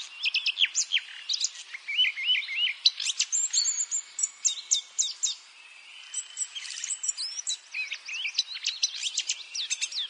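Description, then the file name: Eurasian blackcap's varied warbling, mixing clipped chirps, short buzzy runs and brief lulls, with a softer passage in the middle before the twittering resumes. "Sylvia atricapilla"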